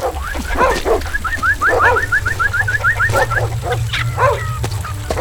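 dogs barking loudly

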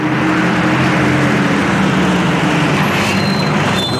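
bus engine running

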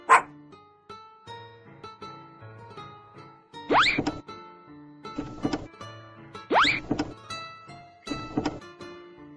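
puppy barking

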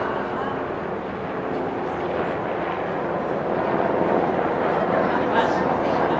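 helicopter flying overhead

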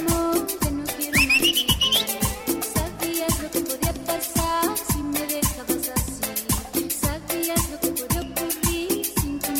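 crowd whistling

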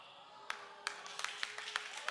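audience clapping

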